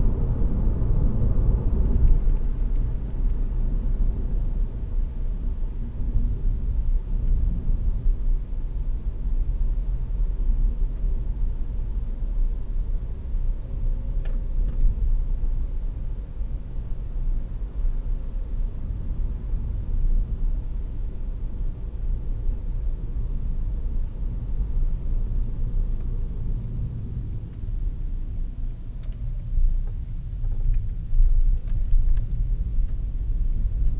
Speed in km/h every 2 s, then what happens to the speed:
77, 61, 53, 49, 50, 49, 49, 49, 48, 46, 46, 46, 40, 25, 17, 20, 27.
0-5 brakes to 49. 5-23 steady at about 49. 23-28 brakes to 17. 28-34 speeds up to 27.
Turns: 26-31.